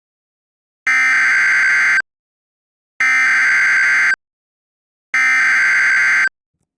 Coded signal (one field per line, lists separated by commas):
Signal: Emergency Alert System (SAME) tones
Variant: header bursts